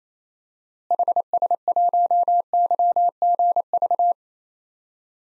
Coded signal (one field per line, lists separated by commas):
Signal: Morse code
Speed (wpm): 28 wpm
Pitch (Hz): 700 Hz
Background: none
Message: HS1YGV